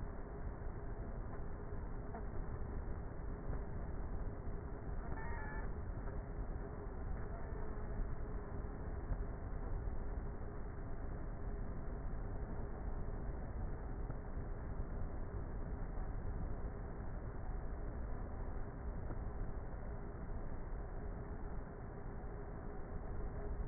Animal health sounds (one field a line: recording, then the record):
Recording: honeybee colony, microphone inside the hive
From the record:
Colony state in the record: queenless with a low population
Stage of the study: before two queens were removed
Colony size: about 30,000 bees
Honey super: no